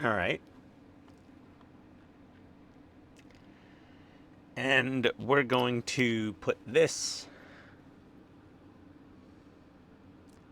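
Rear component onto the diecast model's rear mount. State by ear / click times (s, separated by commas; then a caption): not seated / none. Someone talks briefly at the start and again from about 4.6 to 7.2 seconds while a rear component is lined up onto the rear mount of an Agora Models 1/8 scale diecast James Bond 007 Lotus Submarine "Wet Nellie" model. Between the speech there is only a quiet steady background with a few faint soft ticks. Nothing has seated or clicked yet.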